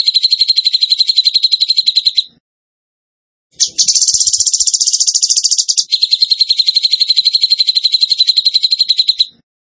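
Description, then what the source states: Bird song in rapid high buzzy trills: a sustained burst, a short silence, then a harsher, brighter trill flowing into another long steady one. Masteran training recording in the tembakan gacor style.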